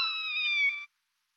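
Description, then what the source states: Cat: kitten meow, a single high, steady, tonal cry under a second long that ends abruptly, followed by silence. Kittens; vintage recording.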